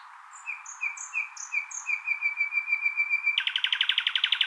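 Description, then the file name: Common nightingale song with soft, repeated whistled notes, then a burst into a loud, rapid, churring trill. "Luscinia megarhynchos"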